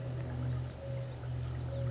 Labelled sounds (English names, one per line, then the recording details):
Mourning Dove
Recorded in Sonoma County, California